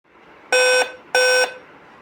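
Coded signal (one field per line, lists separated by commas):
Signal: beep code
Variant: Dell laptop BIOS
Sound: two short buzzy beeps with a brief gap, slight room echo after each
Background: small room echo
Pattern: 2 short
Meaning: Two beeps on a Dell laptop means no memory (RAM) detected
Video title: 2 beep sound no display dell laptop #laptop #dell #beepsound #Jahirul #technician #repairing #video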